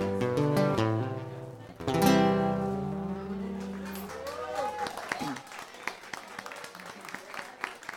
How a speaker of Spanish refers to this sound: Muchas gracias. Que se repita el aplauso para mí, por favor. Bastante flojo estuvo eso.